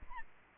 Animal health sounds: mosquito wingbeat signal from an infrared sensor; Aedes albopictus

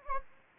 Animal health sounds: mosquito wingbeat signal from an infrared sensor; Anopheles gambiae

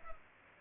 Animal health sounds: mosquito wingbeat signal from an infrared sensor; Culex pipiens

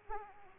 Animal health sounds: mosquito wingbeat signal from an infrared sensor; Aedes aegypti

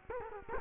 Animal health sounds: mosquito wingbeat signal from an infrared sensor; Culex quinquefasciatus

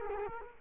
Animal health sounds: mosquito wingbeat signal from an infrared sensor; Culex quinquefasciatus

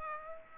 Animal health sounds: mosquito wingbeat signal from an infrared sensor; Aedes aegypti

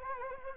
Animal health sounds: mosquito wingbeat signal from an infrared sensor; Anopheles arabiensis

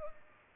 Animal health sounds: mosquito wingbeat signal from an infrared sensor; Culex pipiens

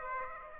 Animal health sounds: mosquito wingbeat signal from an infrared sensor; Aedes aegypti

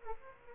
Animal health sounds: mosquito wingbeat signal from an infrared sensor; Aedes aegypti

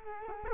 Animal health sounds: mosquito wingbeat signal from an infrared sensor; Culex quinquefasciatus

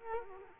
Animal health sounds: mosquito wingbeat signal from an infrared sensor; Culex quinquefasciatus

